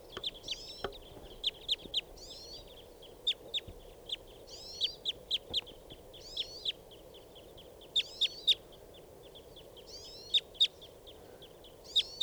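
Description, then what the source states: Red crossbill calls: sharp, downslurred notes given singly and in short clusters, repeated irregularly over steady low background hiss. Type 2 call type; field recording at 7:16 near a mist net.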